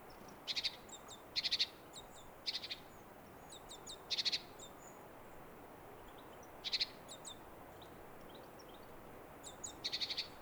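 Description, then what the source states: Great tit calls: short buzzy, rattling bursts with high chinking notes, repeated irregularly over steady hiss. One great tit switching between different phrases and calls over about a 10-minute period, condensed to a minute or two.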